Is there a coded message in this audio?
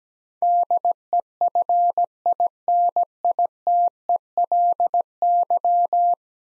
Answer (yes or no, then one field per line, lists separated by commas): yes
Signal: Morse code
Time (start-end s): 0.4-6.1 s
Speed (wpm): 17 wpm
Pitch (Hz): 700 Hz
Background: none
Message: DEFINITELY